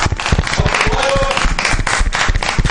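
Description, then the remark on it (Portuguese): A loud, steady burst of applause from a live audience, many hands clapping in a dense rattle for a few seconds, with voices talking and cheering underneath. “Uma salva de palmas”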